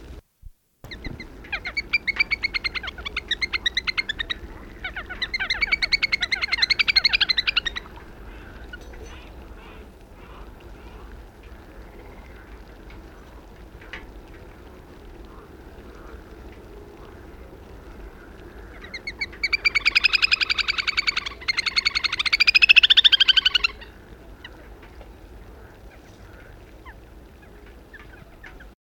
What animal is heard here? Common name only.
Little Grebe